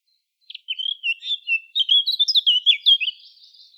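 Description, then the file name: Eurasian blackcap singing a fast warble of varied whistled phrases, ending in softer twittering. "Sylvia atricapilla"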